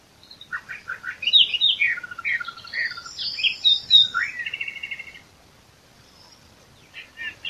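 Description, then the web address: Eastern Orphean Warbler song: a rich, rapid phrase of slurred and scratchy notes lasting about five seconds, followed by quiet and a few short chirps. "sylvia crassirostris song. birds-of-the-ussr passeriformes sylviidae sylvia sylvia-crassirostris"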